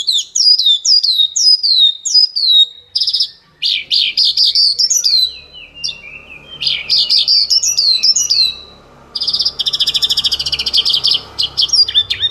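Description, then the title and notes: Bird song: repeated high downslurred whistles, then buzzy rapid trills and twittering phrases separated by short pauses, over a low hum. Bird song for training pet birds. "Suara Burung. Suara Kicauan Burung untuk memaster burung kesayangan"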